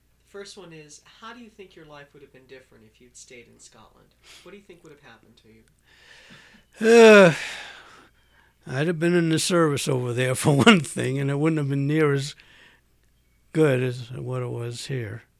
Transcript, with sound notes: The first one is how do you think your life would have been different if you'd stayed in Scotland? What do you think would have happened to you?
( he sighs ) I'd have been in the service over there for one thing, and it wouldn't have been near as good as it was here.